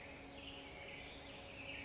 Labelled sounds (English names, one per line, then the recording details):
Black-headed Grosbeak
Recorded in Sonoma County, California